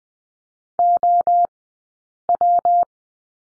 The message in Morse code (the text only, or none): OW